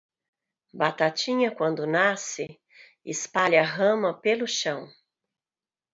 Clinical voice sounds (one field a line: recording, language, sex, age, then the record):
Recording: short text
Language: Brazilian Portuguese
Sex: female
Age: 50 to 59 years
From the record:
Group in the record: control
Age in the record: 59 years